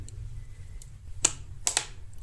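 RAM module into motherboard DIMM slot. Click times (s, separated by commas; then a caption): 1.2 s, 1.7 s. A second DDR4 RAM stick is pressed down into a motherboard DIMM slot until its plastic retention clips snap shut and lock it in place. Sharp clicks ring out at 1.2 and 1.7 seconds, with a softer tick just after and faint ticks elsewhere, over a low background hum. The module is seated and latched.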